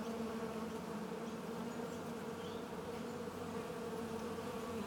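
Bees buzzing in a dense, steady drone with a low hum that holds evenly throughout, with no breaks or other clear sounds.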